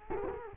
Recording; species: mosquito wingbeat signal from an infrared sensor; Culex quinquefasciatus